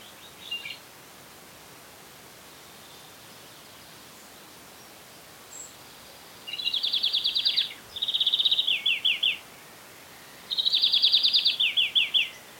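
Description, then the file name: European greenfinch giving high twittering trills, a faint note first, then two rapid rattling bursts around seven and eleven seconds, each ending in separate falling chips, quiet background. "Chloris chloris"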